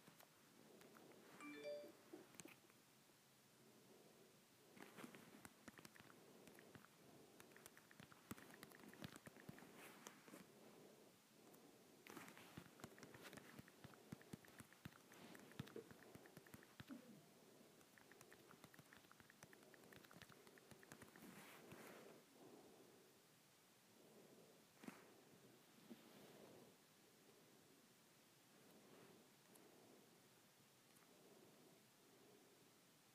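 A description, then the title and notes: Fingers tap on a tablet screen in quick, uneven runs of soft, dry clicks, thickest around the five to twenty-two second mark and thinning afterward. A low, muffled rumble of handling noise sits underneath throughout. IPad Screen Tapping.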